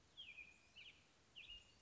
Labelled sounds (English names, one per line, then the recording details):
American Robin
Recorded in Sonoma County, California